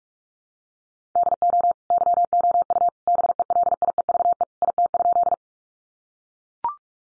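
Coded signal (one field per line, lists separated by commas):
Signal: Morse code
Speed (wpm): 44 wpm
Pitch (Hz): 700 Hz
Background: none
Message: DO YOU BELIEVE IT?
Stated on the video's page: Morse code practice at 45 wpm: head-copy sentences built from the top 1000 words, each sent in Morse, spoken, then sent again.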